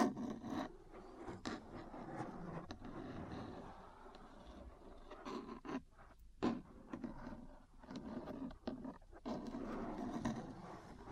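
Metal parts are tapped and scratched in an irregular, busy stream of sound. Sharp clicks and knocks cut through every second or so, with short silences around 6 and 9 seconds, over a continuous gritty rubbing and scraping in the low and middle range.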